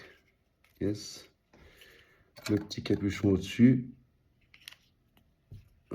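A small plastic cap is pressed onto the top of an Altaya Optimus Prime model part while someone talks, with a few faint taps and light clicking sounds. The cap does not fit in well, and nothing has snapped into place yet.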